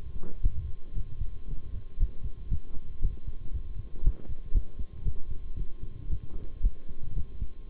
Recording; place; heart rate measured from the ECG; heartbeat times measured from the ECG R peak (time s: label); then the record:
heart sounds by stethoscope; between the tricuspid and mitral areas; 116 bpm
0.42 s: heartbeat
0.95 s: heartbeat
1.48 s: heartbeat
1.99 s: heartbeat
2.50 s: heartbeat
3.01 s: heartbeat
3.53 s: heartbeat
4.03 s: heartbeat
4.54 s: heartbeat
5.05 s: heartbeat
5.57 s: heartbeat
6.09 s: heartbeat
6.63 s: heartbeat
7.16 s: heartbeat
7.69 s: heartbeat
From the record:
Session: bicycle stress test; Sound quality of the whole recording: good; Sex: male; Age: 23 years